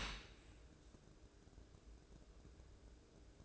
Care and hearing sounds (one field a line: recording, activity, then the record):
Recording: daily activity, microphone in the room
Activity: open dishwasher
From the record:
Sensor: 2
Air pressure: 1012.1 hPa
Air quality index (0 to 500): 140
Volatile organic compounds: 2 ppm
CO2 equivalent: 1033 ppm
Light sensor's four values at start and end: 315/772/314/320 and 314/770/313/319